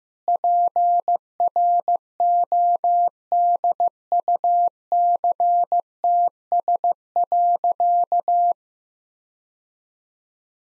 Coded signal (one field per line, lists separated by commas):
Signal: Morse code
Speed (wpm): 15 wpm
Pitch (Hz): 700 Hz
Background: none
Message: PRODUCTS.